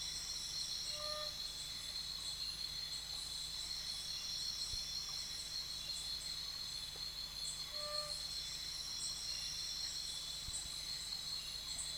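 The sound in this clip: Nesobia mjobergi: steady, shrill insect buzzing with a faintly pulsing upper tone, heard over a soft background hiss.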